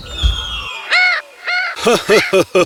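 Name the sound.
parrot squawking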